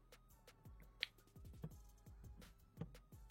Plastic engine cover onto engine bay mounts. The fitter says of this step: so what we put the engine cover back on snaps back into place with the fuel clips